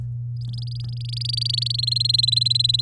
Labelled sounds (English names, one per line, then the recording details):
Domestic Canary song
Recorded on 8 May 2018 at 08:03
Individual llb16